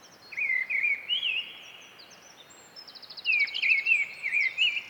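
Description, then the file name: Mistle thrush singing two rich, warbled phrases of rising and falling notes, with a rapid high trill from another bird. "British Library - Mistle Thrush Turdus viscivorus"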